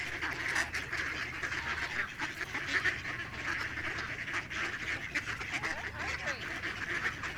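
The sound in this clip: Ducks quacking in a dense, continuous chorus, many overlapping nasal calls merging into a steady chattering din with no pauses.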